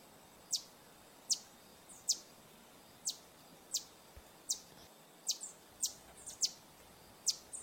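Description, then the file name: Green honeycreeper repeating piercing, very high downslurred chips at uneven intervals, with faint softer notes between and a steady background hiss. "Canto do sai verde"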